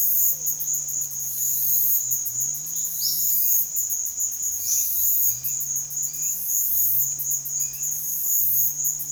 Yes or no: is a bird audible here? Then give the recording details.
yes. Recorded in pastures near Puerto Asís, Putumayo, Colombia, on 25 June 2025 at 15:30. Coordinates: 0.502, -76.324. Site G010